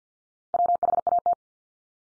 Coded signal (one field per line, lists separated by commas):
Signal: Morse code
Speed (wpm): 50 wpm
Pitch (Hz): 700 Hz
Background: none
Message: WHAT